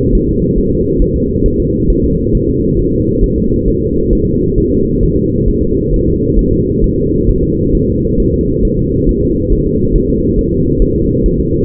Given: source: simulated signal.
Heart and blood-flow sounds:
fetal heart sounds
0.15 s: S1
0.29 s: S2
0.58 s: S1
0.72 s: S2
1.02 s: S1
1.16 s: S2
1.46 s: S1
1.60 s: S2
1.90 s: S1
2.04 s: S2
2.35 s: S1
2.49 s: S2
2.79 s: S1
2.93 s: S2
3.24 s: S1
3.38 s: S2
3.68 s: S1
3.82 s: S2
4.13 s: S1
4.27 s: S2
4.58 s: S1
4.72 s: S2
5.03 s: S1
5.17 s: S2
5.48 s: S1
5.63 s: S2
5.94 s: S1
6.08 s: S2
6.39 s: S1
6.53 s: S2
6.84 s: S1
6.98 s: S2
7.29 s: S1
7.44 s: S2
7.75 s: S1
7.89 s: S2
8.20 s: S1
8.34 s: S2
8.65 s: S1
8.79 s: S2
9.09 s: S1
9.23 s: S2
9.53 s: S1
9.67 s: S2
9.95 s: S1
10.10 s: S2
10.39 s: S1
10.53 s: S2
10.82 s: S1
10.96 s: S2
11.26 s: S1
11.40 s: S2
From the record:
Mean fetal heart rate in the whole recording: 135 bpm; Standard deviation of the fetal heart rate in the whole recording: 3 bpm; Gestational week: 36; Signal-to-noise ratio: -10.2 dB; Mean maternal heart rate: 72 bpm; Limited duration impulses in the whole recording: present

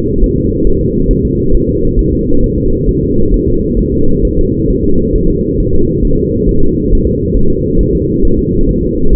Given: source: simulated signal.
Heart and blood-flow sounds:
fetal heart sounds
0.24 s: S1
0.38 s: S2
0.67 s: S1
0.81 s: S2
1.11 s: S1
1.25 s: S2
1.55 s: S1
1.69 s: S2
1.99 s: S1
2.13 s: S2
2.44 s: S1
2.58 s: S2
2.89 s: S1
3.03 s: S2
3.34 s: S1
3.48 s: S2
3.79 s: S1
3.94 s: S2
4.25 s: S1
4.39 s: S2
4.70 s: S1
4.84 s: S2
5.16 s: S1
5.30 s: S2
5.60 s: S1
5.75 s: S2
6.05 s: S1
6.19 s: S2
6.49 s: S1
6.63 s: S2
6.93 s: S1
7.07 s: S2
7.37 s: S1
7.51 s: S2
7.81 s: S1
7.95 s: S2
8.25 s: S1
8.39 s: S2
8.69 s: S1
8.83 s: S2
9.13 s: S1
From the record:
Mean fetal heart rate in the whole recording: 135 bpm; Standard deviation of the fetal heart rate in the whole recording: 3 bpm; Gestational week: 36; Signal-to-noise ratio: -17.7 dB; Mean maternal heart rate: 72 bpm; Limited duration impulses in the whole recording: present

